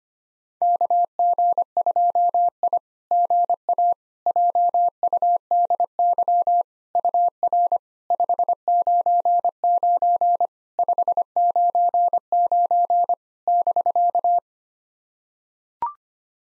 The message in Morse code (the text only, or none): KG2I GA JUDY UR 599 599 <BK>